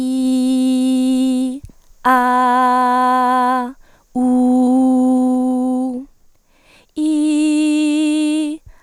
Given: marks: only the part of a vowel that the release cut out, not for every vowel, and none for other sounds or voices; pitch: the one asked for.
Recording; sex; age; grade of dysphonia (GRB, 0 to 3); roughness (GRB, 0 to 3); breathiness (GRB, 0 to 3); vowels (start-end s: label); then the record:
sustained vowels; female; 18 to 19 years; 0; 0; 0
0.00-1.37 s: vowel /i/, normal pitch
2.23-3.47 s: vowel /a/, normal pitch
4.35-5.82 s: vowel /u/, normal pitch
7.15-8.45 s: vowel /i/, high pitch
From the record:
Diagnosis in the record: healthy voice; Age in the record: 19 years